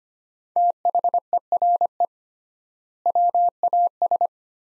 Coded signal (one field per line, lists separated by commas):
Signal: Morse code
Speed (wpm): 25 wpm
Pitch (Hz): 700 Hz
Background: none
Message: THERE WAS